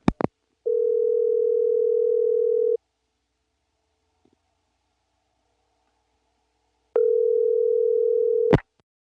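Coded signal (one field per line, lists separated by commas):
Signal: telephone call progress tone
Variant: North America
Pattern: ringback tone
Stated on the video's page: Telephone call progress tone from a step-by-step exchange in Rock Hill SC, 1977.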